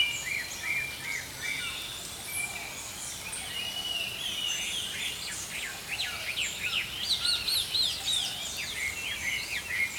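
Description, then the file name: Songbirds twittering together, quick high chirps and slurred notes overlapping, building into a busier burst of rapid phrases after about six seconds over a soft background hiss. Early morning. "Healing Power Natural Sounds Oasis - Early Morning Songbirds"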